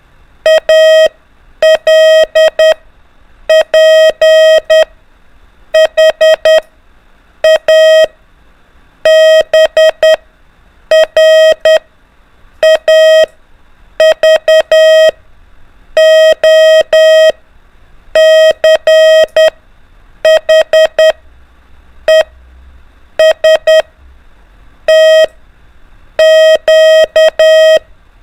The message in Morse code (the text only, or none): ALPHA BRAVO CHE STQ